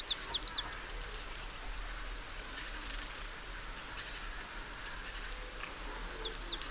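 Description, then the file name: Great tit calling a rapid run of three high, sharp notes at the start, then a pair of similar notes near the end, with light background hiss. "Parus major"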